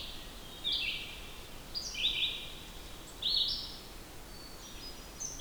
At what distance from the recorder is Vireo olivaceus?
about 30 m